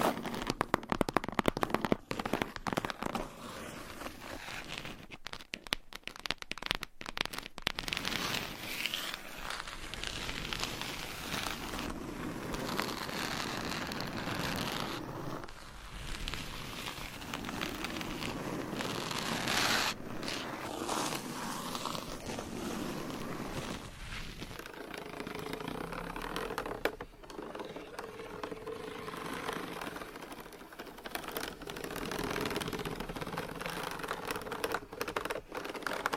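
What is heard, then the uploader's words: Tapping and scratching fill the clip as a dense, busy wash of rough scraping. Sharp clicks and taps cluster heavily in the first seven seconds, then the sound settles into steadier scratching with occasional pauses around 15, 20 and 24 seconds, and a faint low hum toward the end. Tapping and Scratching.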